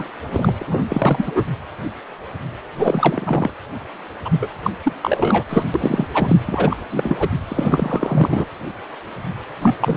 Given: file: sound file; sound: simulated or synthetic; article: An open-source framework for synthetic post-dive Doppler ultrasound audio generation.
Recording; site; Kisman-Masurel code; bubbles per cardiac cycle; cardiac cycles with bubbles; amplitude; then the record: Doppler ultrasound audio after a dive; precordial; 333; rolling drumbeat, over 9; 50–99%; loud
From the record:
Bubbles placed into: full cardiac cycles